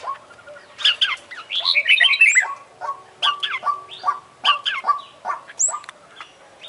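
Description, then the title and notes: Oriental magpie-robin song: a dense burst of varied chattering and whistled notes, then a rhythmic string of short repeated notes mixed with higher sweeps. Champion bird singing prolifically (gacor); from a compilation of selected tutor songs (masteran) for training songbirds. "Kacer Juara Gacor. Kumpulan Suara Burung Masteran Pilihan"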